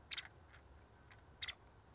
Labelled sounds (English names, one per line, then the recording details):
Nuttall's Woodpecker
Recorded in Sonoma County, California